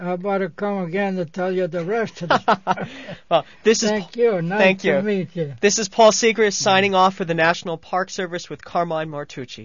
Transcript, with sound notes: How about I come again to tell you the rest of the story. ( they both laugh ) Thank you. Nice to meet you.
This is Paul Sigrist signing off for the National Park Service with Carmine Martucci.